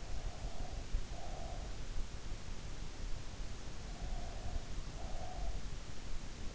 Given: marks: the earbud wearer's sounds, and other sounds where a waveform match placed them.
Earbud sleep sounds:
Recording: sounds in sleep by an in-ear microphone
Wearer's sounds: breath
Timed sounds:
0.14-1.63 s: breath
3.93-5.48 s: breath

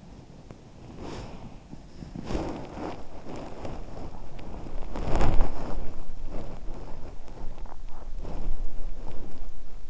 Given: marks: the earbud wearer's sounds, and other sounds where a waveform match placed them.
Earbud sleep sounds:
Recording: sounds in sleep by an in-ear microphone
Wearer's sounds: body movement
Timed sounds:
0.00-9.51 s: body movement

